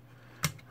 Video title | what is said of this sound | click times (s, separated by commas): 80's Master Merlin Teardown and Restore | and click in place | 0.4 s